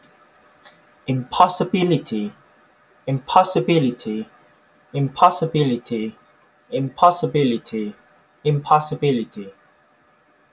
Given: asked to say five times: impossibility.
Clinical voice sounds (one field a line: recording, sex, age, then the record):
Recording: repeated word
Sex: male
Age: 20 to 29 years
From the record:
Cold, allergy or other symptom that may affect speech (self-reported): no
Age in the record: 26 years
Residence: Kentucky, United States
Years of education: 20